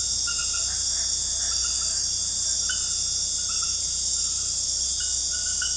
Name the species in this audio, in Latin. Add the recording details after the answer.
none. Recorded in dense forest near Puerto Asís, Putumayo, Colombia, on 20 February 2024 at 00:00. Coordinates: 0.487, -76.319. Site G6403